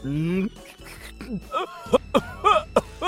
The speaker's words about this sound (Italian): Smetta di tossire, è una schifezza.